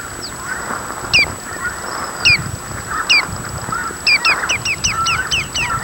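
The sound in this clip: Bird calls: sharp, downward-swept double notes, first spaced about a second apart, then quickening into a rapid repeated series, with a faint steady background hum.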